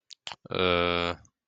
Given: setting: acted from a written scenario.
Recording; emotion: vocal sound without words; embarrassment